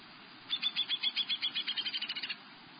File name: Downy Woodpecker